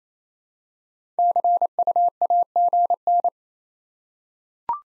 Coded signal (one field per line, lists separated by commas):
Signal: Morse code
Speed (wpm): 28 wpm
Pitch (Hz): 700 Hz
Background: none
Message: CU AGN